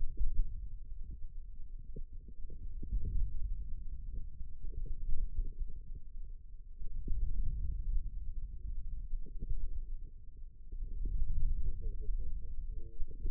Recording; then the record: forearm muscle sounds (acoustic myography)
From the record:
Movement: wrist flexion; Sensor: system 2, bracelet of six BSWA MPA416 microphones around the upper forearm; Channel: 4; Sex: male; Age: 22 years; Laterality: right